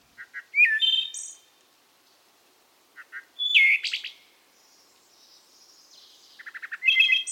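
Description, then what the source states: Wood Thrush song: soft short introductory notes lead into fluty, ringing phrases with high trills, three phrases spread across several seconds. Official bird of the District of Columbia; a shy bird of forest shadows with a voice approaching high art.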